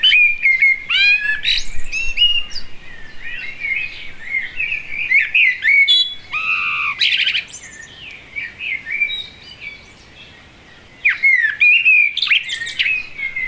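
Blackbird song with lively fluty phrases and squeaky high trills, fading to near quiet around ten seconds before resuming strongly.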